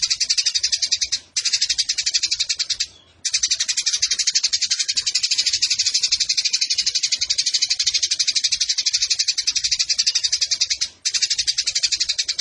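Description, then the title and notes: Eurasian tree sparrow song as a continuous rattling chatter of quick high notes, with three short breaks in the flow. Fighting sparrow with long bursts and a clear voice; masteran tutor song for competition birds. "GEREJA TARUNG NEMBAK PANJANG SUARA JERNIH MASTERAN WAJIB BURUNG LOMBA. Burung Gereja"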